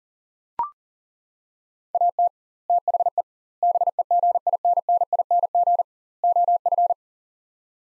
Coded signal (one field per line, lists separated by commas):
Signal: Morse code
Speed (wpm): 40 wpm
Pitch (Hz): 700 Hz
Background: none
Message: AT THE BEGINNING OF